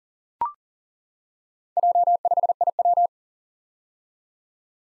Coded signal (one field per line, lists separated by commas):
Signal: Morse code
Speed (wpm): 39 wpm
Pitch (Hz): 700 Hz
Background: none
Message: J5IW